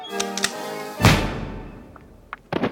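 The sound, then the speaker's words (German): A single loud gunshot, fired on a dark promenade behind two women, cracks out and rolls away in a long, fading echo, preceded by soft tonal sounds and followed by a few brief, faint noises. “Auf der ziemlich dunklen Promenade ertönte plötzlich im Rücken der beiden Frauen ein Schuss.”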